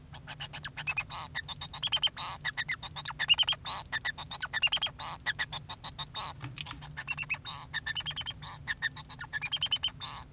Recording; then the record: song of a male Bengalese finch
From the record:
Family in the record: son of father 2